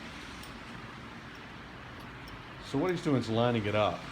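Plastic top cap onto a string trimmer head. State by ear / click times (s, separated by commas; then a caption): not seated / none. A plastic top cap is lined up on a string trimmer head so it fits a certain way before being twisted on. A steady low background hum fills the first 2.7 seconds, then someone talks until the end. Nothing has clicked or locked into place yet.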